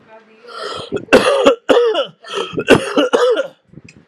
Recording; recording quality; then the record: heavy voluntary cough; excellent, no background noise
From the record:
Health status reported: healthy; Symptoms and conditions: cough, cold, hypertension, diabetes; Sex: male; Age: 38 years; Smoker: not ticked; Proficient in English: yes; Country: India